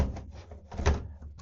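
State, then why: Not seated. A plastic toner cartridge is guided down into a Samsung Xpress M2070W laser printer, held with its product-number label facing out and the print head toward the printer. Light taps and scraping are heard as it slides in. Nothing has seated or clicked yet.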